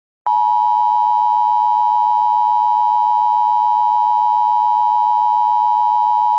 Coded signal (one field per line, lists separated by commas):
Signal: Emergency Alert System (SAME) tones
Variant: 853 and 960 Hz attention tone